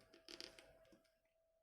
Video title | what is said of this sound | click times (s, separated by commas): JoyToy X Warhammer 40k Blood Angels Death Company Intercessors 1:18 scale action figures. So good! | tightly first of all so it sort of clicks into place onto the barbell | 0.3 s, 0.4 s